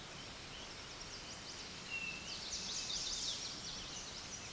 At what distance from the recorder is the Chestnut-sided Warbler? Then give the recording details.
about 35 m. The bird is about 10 m above the microphone. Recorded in a Pennsylvania forest on 16 May 2024 at 06:25. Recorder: AudioMoth, point MSD-1368. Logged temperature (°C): 12.5 °C. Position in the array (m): 11 m, 18 m